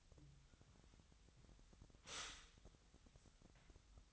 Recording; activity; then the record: daily activity, microphone in the room; stop toaster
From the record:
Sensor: 3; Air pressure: 1001.9 hPa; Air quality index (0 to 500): 245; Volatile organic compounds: 49 ppm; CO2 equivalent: 3278 ppm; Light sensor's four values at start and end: 13/40/17/15 and 13/40/17/15